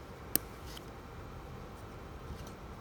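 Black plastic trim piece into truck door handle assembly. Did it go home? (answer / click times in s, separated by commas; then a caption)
yes / 0.4 s. A black plastic trim piece is pushed into its spot on the driver-side door handle assembly of a Chevrolet Silverado NBS truck. It snaps into place with one sharp, bright click at 0.4 s, and a much fainter tick follows at 0.8 s over a low steady background. The piece is seated.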